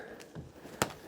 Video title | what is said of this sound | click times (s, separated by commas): Mounting a TCL 98" QM7 TV is CRAZY! WATCH THIS FIRST! | good I just had to double check my side and then that should click right you heard your side click yeah mine | 0.8 s